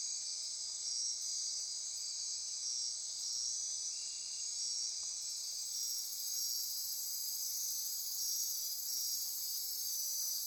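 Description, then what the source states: Insect chorus, a sustained high shimmering trill with repeated pulsing phrases, and an even higher hiss that swells in after about five seconds. Insect chorus recorded at midnight near Corcovado.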